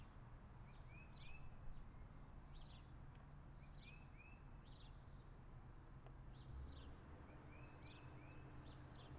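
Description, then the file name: Bird calls: short arched chirps in quick runs, repeated throughout, with higher sharp downslurred notes between, over a steady low rumble. Outdoor ambience. "Birds Outside Ambience"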